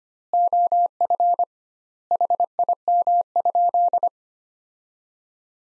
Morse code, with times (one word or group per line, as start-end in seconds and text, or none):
0.3-1.4 OF
2.1-4.1 HIM?